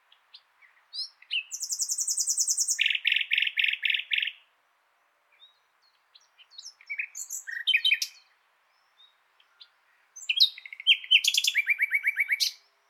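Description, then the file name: Common nightingale song: phrases of fast rapid-fire repeated notes, varied chirps and whistles, separated by short silences. "Luscinia megarhynchos"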